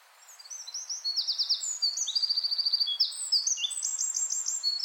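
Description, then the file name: Eurasian wren song: a fast, loud cascade of high trills and rattles, with rapid repeated notes running without pause throughout. "Troglodytes troglodytes"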